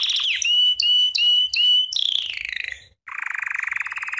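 American Singer canary singing: four sharp looping whistled notes, a descending warble, a brief pause, then a lower rapid buzzing trill.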